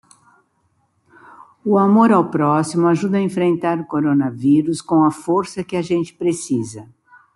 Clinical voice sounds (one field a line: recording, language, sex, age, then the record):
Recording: spoken sentence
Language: Brazilian Portuguese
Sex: female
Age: 70 to 79 years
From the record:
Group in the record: control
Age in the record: 74 years